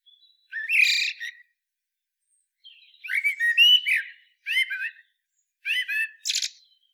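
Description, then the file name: Eurasian blackbird singing: mellow fluted warbles with squeaky high notes, four short phrases with brief pauses between them. "Turdus merula"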